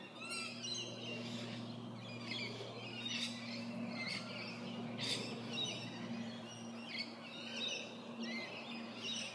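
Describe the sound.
Bird chirps, short high tweets scattered throughout, over a steady low hum and soft background noise.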